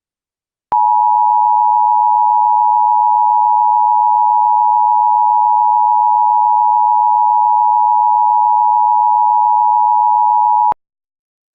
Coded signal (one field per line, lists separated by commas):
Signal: Emergency Alert System (SAME) tones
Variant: 853 and 960 Hz attention tone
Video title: EAS Scenario - Vampire Hunters (Part 1)